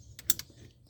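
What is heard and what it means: A wiring connector is pushed into its mating socket, which has no connector lock protectors to release, during a radiator replacement on a 2013 Silverado 4.8 liter. A faint tick at 0.2 s leads into a sharp, bright snap at 0.3 s, followed by a softer click at 0.4 s. The connector snaps in and is seated at 0.3 s.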